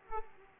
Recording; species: mosquito wingbeat signal from an infrared sensor; Aedes aegypti